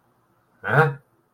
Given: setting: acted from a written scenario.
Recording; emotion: vocal sound without words; confusion